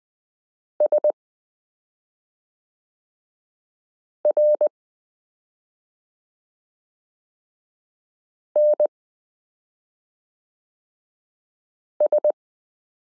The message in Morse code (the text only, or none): SRNS